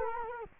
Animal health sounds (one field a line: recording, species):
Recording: mosquito wingbeat signal from an infrared sensor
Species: Culex quinquefasciatus